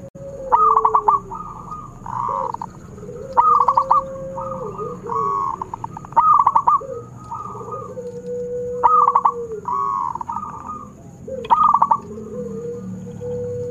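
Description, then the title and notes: Zebra dove cooing, soft purring phrases broken by rapid clipped notes, repeated about every two to three seconds, with a second lower dove voice underneath. Zebra dove (perkutut) singing actively (gacor). "Pancingan Perkutut Durasi Panjang. Suara Burung Perkutut Gacor"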